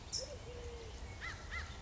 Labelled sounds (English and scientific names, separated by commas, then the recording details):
Eurasian Collared Dove (Streptopelia decaocto)
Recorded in Sonoma County, California